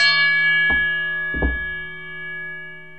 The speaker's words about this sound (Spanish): Si te parece, le damos la entrada con claro, una campanada, ¿no? Claro. Porque yo creo que no hay nada que encaje mejor en este programa que las campanas.